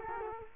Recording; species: mosquito wingbeat signal from an infrared sensor; Culex quinquefasciatus